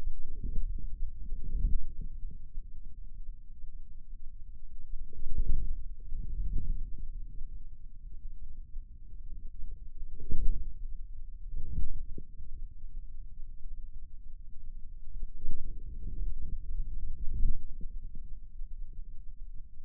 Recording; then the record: forearm muscle sounds (acoustic myography)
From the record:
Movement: inward rotation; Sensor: system 2, bracelet of six BSWA MPA416 microphones around the upper forearm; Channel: 1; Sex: male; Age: 22 years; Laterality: right